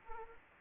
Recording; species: mosquito wingbeat signal from an infrared sensor; Anopheles arabiensis